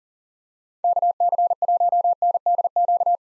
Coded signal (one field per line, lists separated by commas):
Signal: Morse code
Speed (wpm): 40 wpm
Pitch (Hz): 700 Hz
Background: none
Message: KC1NDQ